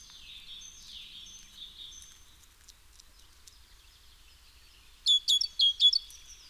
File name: Parus major